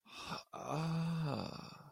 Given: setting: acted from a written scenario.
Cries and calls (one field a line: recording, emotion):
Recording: vocal sound without words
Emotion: ecstasy